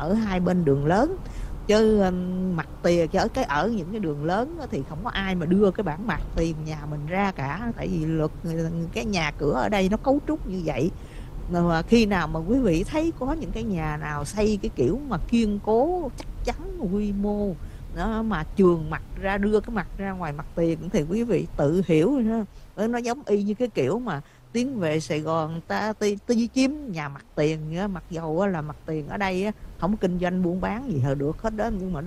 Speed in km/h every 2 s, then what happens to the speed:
53, 53, 53, 52, 50, 48, 47, 42, 37, 31, 21, 13, 6, 0, 8, 18.
0-12 steady at about 52. 12-25 brakes to 0. 25-27 standing. 27-32 pulls away to 18.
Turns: none.